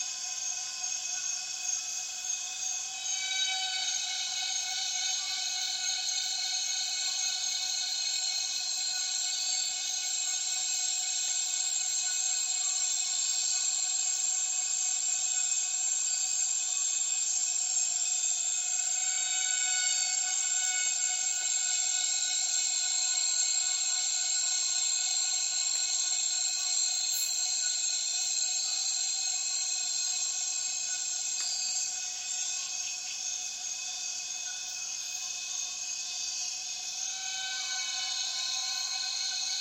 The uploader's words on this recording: Intense Dusk Chorus In The Borneo Rainforest. A myriad cicadas start calling as soon as the afternoon light begins to fade in Tawau Hills NP, Borneo. Recorded with Zoom F6 and Lom MikroUsi Pro mics.